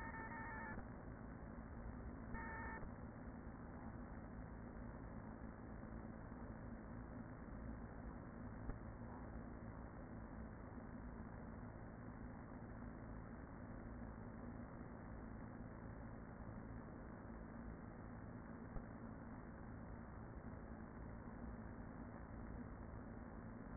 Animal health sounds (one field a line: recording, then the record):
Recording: honeybee colony, microphone inside the hive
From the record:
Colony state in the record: queen present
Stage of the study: after two queens were removed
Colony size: about 40,000 bees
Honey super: no